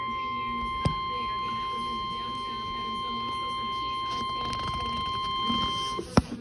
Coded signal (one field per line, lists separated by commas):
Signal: Emergency Alert System (SAME) tones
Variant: 1050 Hz attention tone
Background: speech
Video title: Severe thunderstorm warning emergency alert system activation On 104.1 fm